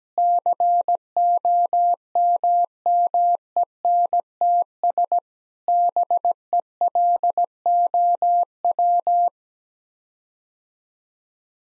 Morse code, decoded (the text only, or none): COMMENTS BELOW